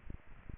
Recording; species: mosquito wingbeat signal from an infrared sensor; Aedes aegypti